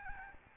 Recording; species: mosquito wingbeat signal from an infrared sensor; Aedes albopictus